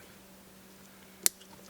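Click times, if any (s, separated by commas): 1.3 s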